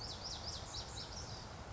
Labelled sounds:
Lazuli Bunting (Passerina amoena)
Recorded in Sonoma County, California

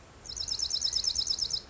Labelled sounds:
Dark-eyed Junco (Junco hyemalis)
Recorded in Sonoma County, California

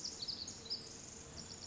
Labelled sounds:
Pacific Wren (Troglodytes pacificus)
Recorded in Sonoma County, California

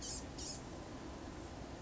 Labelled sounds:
Blue-gray Gnatcatcher (Polioptila caerulea)
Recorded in Sonoma County, California

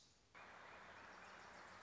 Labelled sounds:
Wilson's Warbler (Cardellina pusilla)
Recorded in Sonoma County, California

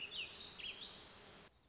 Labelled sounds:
Warbling Vireo (Vireo gilvus)
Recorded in Sonoma County, California

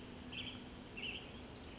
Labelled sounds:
California Towhee (Melozone crissalis)
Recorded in Sonoma County, California

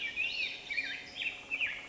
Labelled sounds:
Black-headed Grosbeak (Pheucticus melanocephalus)
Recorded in Sonoma County, California

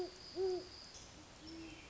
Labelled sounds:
Great Horned Owl (Bubo virginianus)
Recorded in Sonoma County, California

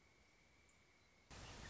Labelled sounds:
Pileated Woodpecker (Dryocopus pileatus)
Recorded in Sonoma County, California

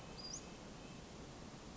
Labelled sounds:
Western Flycatcher (Empidonax difficilis)
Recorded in Sonoma County, California

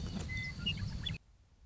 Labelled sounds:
Western Meadowlark (Sturnella neglecta)
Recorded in Sonoma County, California

